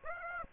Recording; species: mosquito wingbeat signal from an infrared sensor; Aedes aegypti